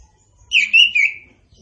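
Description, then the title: Orange-headed thrush song: a short phrase of three slurred, wavering whistles in quick succession. Indonesian name anis kembang, also called punglor kembang; bird described as gacor and ngeplong. "Anis Kembang Gacor. Anis Kembang Punglor Kembang Ngeplong"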